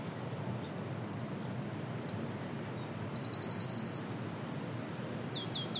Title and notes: E17-The Song Of The Eurasian Wren. on a beach in Rhu, just outside of Helensburgh Scotland